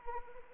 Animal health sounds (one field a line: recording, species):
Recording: mosquito wingbeat signal from an infrared sensor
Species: Anopheles arabiensis